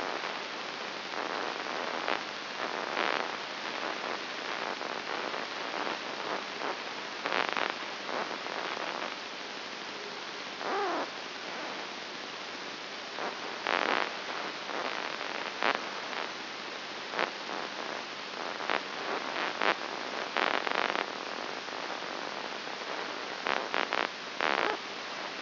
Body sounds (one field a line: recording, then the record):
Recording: brain microelectrode recording played as sound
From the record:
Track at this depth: inside the subthalamic nucleus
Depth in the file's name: 4.301 mm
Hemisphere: right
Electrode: 3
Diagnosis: Parkinson's disease